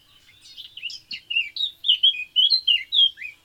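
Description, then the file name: Eurasian blackcap song with a quiet chattering start building into bright, fluty notes in quick succession, each phrase sliding up or down. "Sylvia atricapilla"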